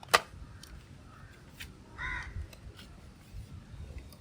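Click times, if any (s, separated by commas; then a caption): none. A tight-fitting plastic attachment is pressed firmly into the body of a 90 cm long toy gun, producing sharp plastic taps and knocks at about 0.0, 0.6, 2.5, 2.8 and 4.1 seconds over a low background rumble. The clip ends before the part goes home, so nothing has seated or locked yet.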